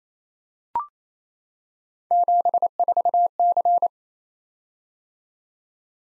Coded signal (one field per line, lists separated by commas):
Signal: Morse code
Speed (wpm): 28 wpm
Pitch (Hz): 700 Hz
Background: none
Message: 74C